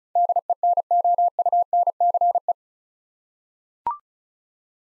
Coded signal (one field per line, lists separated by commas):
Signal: Morse code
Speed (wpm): 36 wpm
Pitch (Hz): 700 Hz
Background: none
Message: DENOUNCE